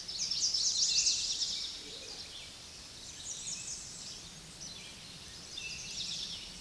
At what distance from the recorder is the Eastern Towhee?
about 20 m